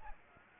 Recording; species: mosquito wingbeat signal from an infrared sensor; Aedes aegypti